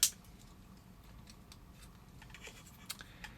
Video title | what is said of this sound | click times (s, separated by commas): Fansproject LER-03 Volar | And then just push it together, locks into place. | 0.0 s